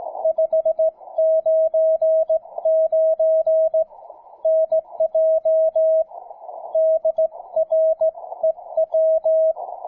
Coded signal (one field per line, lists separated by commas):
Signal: Morse code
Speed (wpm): 17 wpm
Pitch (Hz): 640 Hz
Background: music, radio noise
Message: 599 NJ DREW